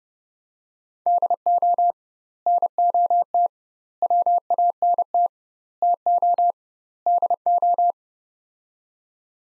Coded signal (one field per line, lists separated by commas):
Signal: Morse code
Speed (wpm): 30 wpm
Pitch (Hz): 700 Hz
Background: none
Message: DO NOT WANT TO DO